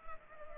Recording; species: mosquito wingbeat signal from an infrared sensor; Culex pipiens